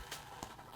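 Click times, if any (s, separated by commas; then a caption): 0.1 s, 0.4 s. A tab is pulled on the heel lock of the lacing system on a Nike Vapormax 2020 Flyknit sneaker, with a foot in the shoe. The ratchet clicks at 0.1 s and 0.4 s as it tightens and holds.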